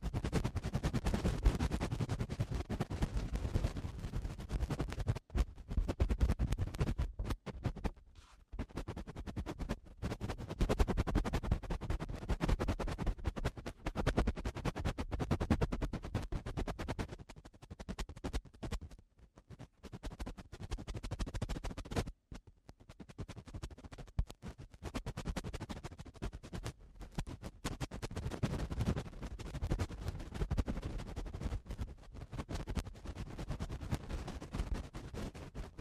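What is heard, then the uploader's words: Eardrum cleaning: dense, rough scratching and rustling that runs almost without pause, heaviest in the low end with crackly detail on top. Short silent breaks cut in around 5, 8, 19 and 22 seconds before the scraping resumes at a similar steady level. Eardrum Cleaning (No Talking).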